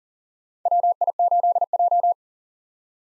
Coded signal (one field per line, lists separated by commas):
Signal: Morse code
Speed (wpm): 37 wpm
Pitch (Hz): 700 Hz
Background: none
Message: WI8J